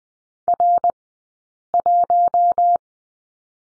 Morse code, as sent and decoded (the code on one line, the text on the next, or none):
.-. .----
R1